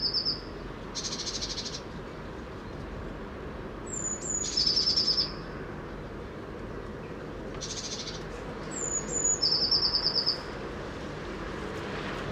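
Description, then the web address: Eurasian blue tit calls: thin high notes followed by a fast trilled buzzy series, given twice about five seconds apart, with brief noisy bursts between over steady background hiss. "SETE Cyanistes caeruleus"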